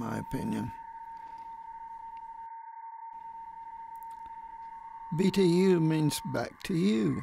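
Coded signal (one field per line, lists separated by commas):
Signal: PSK31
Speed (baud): 31.25 baud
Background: speech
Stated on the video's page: PSK31 contact on 20 meters.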